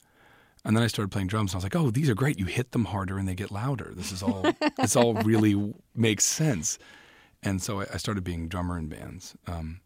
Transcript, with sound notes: And then I started playing drums. I was like oh, these are great. You hit them harder and they get louder.
(LAUGHTER)
This is all - this all really makes sense. And so I started being drummer in bands.